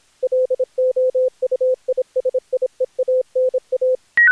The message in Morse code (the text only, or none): LOUISIEANA